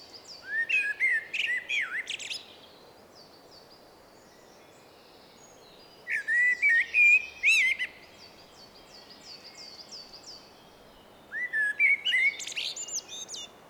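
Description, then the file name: Common blackbird song, three phrases about five seconds apart, each opening with low fluty warbled notes and trailing into thin, high, squeaky chattering twitters. "Turdus merula"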